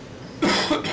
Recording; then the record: coughing mixed with background sound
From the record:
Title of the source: Man Coughing Sound - Wet Cough Sound Effect